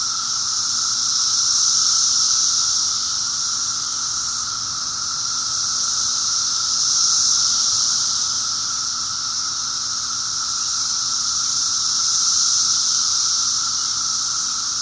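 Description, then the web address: Cicada chorus, a bright continuous buzz surging in waves roughly every five seconds, with little else audible. Recorded in 2004. "~paradise cicadas 2004"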